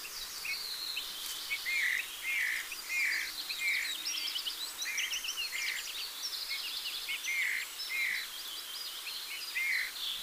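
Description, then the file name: Eurasian bullfinch soft whistled calls, short piping notes repeated in a loose series, with busy twittering of other small birds higher above and a steady background hiss. "Pyrrhula pyrrhula"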